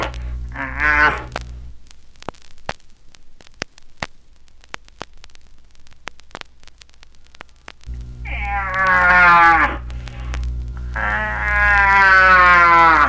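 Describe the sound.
Moose calls, drawn-out nasal moans: one short call, then two longer ones after a quiet gap.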